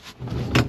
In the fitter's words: And it locks in place.